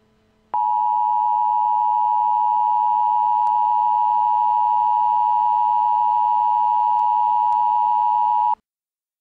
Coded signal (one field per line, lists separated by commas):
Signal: Emergency Alert System (SAME) tones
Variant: 853 and 960 Hz attention tone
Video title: [EAS SCENARIO] Natures Revenge (Part 2)